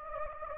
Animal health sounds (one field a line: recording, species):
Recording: mosquito wingbeat signal from an infrared sensor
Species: Anopheles gambiae